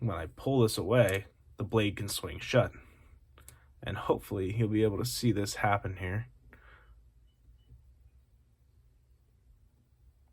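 Someone talks while handling a Cold Steel AD-15 folding knife, working the blade against the lock bar in the handle, with a few faint ticks around 3.4, 3.5 and 6.5 seconds before it goes quiet. Nothing has seated or clicked into place yet.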